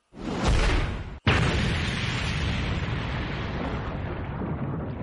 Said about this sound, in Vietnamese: Thiên địa chấn động, bốn phía vang lên tiếng nổ, nắm đấm tạo thành hư ảnh càng lúc càng lớn, cuối cùng cũng tương xứng với đại thủ ở bên trên.